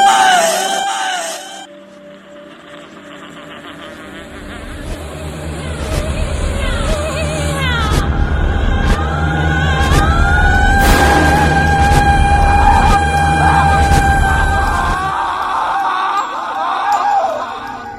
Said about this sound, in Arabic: الصرخة كانت جاية من الحمام بصوت … مراتي